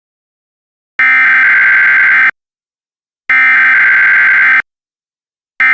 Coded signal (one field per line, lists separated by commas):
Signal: Emergency Alert System (SAME) tones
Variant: header bursts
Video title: EAS Mock Scenario - Indoor Waterpark & Loop Terrorism